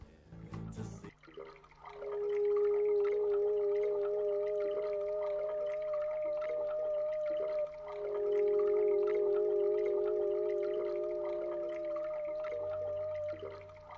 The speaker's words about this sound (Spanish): Lluvia. Entonces comprendimos que la lluvia también era hermosa. Unas veces cae mansamente y uno piensa en los cementerios abandonados. Otras veces cae con furia y uno piensa en los maremotos que se han tragado tantas espléndidas islas